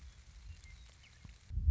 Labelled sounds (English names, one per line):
Western Meadowlark